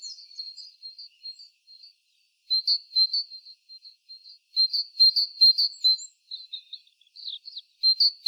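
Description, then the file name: Great tit giving high, sharp notes in several bursts, each a quick run of repeated chips with short pauses between. "Parus major"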